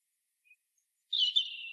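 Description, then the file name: European robin producing a faint pip, then a high, tinkling warble that wavers and runs on to the end. "Erithacus rubecula"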